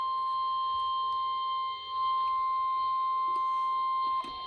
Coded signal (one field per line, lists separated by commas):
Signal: Emergency Alert System (SAME) tones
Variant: 1050 Hz attention tone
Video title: More RNK Weeklies | EAS 433-435